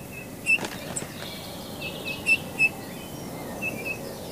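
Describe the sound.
Eurasian bullfinch uttering a few brief, clear whistled notes, one early then two close together later, over a soft hiss with faint higher bird calls.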